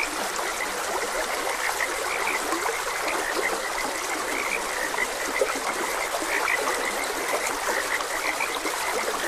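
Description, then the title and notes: Frog chorus of dense, repeated short croaks, heard over an even wash of flowing water. Frogs croaking beside a gentle stream. "Gentle Stream and Frogs Croaking - Calming Sounds of Nature. Sleep and Relaxation Podcast"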